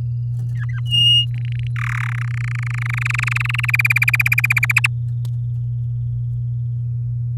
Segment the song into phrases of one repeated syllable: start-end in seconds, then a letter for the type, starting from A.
0.55-0.80 A, 0.86-1.26 B, 1.31-1.67 C, 1.76-2.13 D, 2.15-3.71 E, 3.73-4.72 F, 4.76-4.87 G